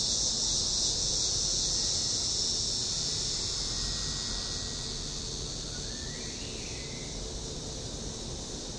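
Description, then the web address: Cicadas giving a high, sizzling continuous buzz that softens gradually toward the end, with a brief rising whistle-like sweep near the close. "cicadas nobilisreed"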